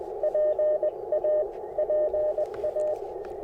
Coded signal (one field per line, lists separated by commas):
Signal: Morse code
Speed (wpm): 20 wpm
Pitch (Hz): 590 Hz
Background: none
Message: PA PA